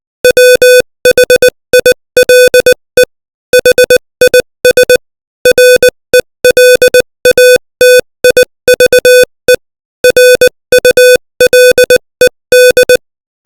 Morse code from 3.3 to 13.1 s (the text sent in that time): HIS RELATIVE RULED